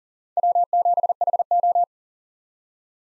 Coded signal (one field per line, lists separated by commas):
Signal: Morse code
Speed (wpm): 40 wpm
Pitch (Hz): 700 Hz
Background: none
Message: W7HO